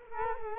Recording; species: mosquito wingbeat signal from an infrared sensor; Culex quinquefasciatus